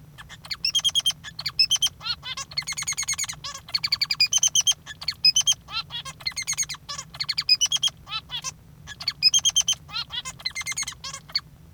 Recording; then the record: song of a male Bengalese finch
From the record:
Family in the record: father 3